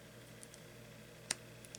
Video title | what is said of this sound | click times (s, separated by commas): Akitika GT-102 Amp Kit Review Pt. 6: Final Build, Ready for Testing | Pops right in there. | 1.3 s